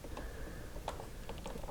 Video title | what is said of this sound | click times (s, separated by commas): Misc 110: conserto (?) do monitor Viewsonic VX910 | Não está encaixando muito bem. | none